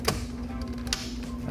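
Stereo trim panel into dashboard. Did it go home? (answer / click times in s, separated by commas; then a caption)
yes / 0.1 s, 0.9 s. A plastic stereo trim panel on a 2016 BMW dashboard is set on its bottom two tabs first, then rocked forward until its plastic clips snap in. Two sharp snaps sound at 0.1 s and 0.9 s over a steady low hum, and the panel ends up seated in the dashboard.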